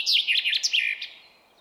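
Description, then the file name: Common chaffinch song fragment, a quick run of sharp chirping notes that fades out within about a second. "Fringilla coelebs"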